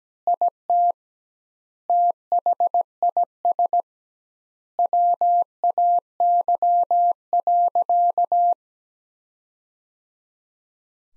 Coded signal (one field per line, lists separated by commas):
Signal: Morse code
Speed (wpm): 17 wpm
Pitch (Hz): 700 Hz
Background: none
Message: IT THIS WAY.